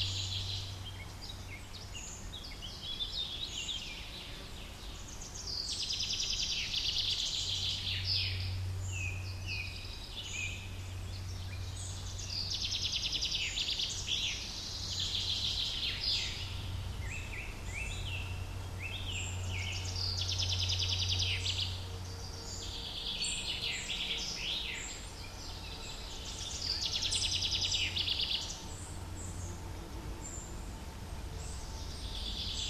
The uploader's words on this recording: The tranquil sounds of a lush forest, alive with the melody of birdsong and the gentle rustling of leaves in the breeze. The gentle chirping of birds, from melodious thrushes to chirpy finches. Birdsong in a forest with a light breeze blowing through the trees. Forest Sounds.